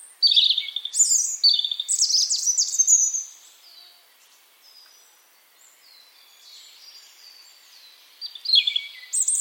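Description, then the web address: European robin song: an energetic, warbling phrase of high whistles and quick trills, a long quiet gap, then a new phrase beginning. "Deverinetal 2025 File origin Bird Only Er Ru"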